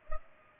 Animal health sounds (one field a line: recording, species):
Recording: mosquito wingbeat signal from an infrared sensor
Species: Culex pipiens